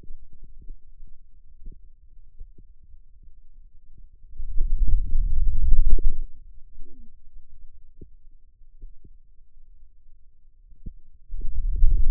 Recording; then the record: forearm muscle sounds (acoustic myography)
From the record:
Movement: wrist extension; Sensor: system 2, bracelet of six BSWA MPA416 microphones around the upper forearm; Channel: 1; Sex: male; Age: 22 years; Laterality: right